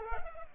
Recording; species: mosquito wingbeat signal from an infrared sensor; Culex pipiens